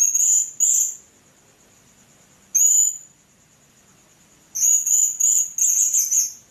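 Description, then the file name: Blue-crowned hanging parrot producing short high, shrill chirps, then a longer run of rapid sibilant trills toward the end. "serindit"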